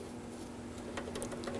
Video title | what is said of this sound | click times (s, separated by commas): How to Replace Side Mirrors 2013-2019 Nissan Sentra | Make sure you hear audible click | 1.2 s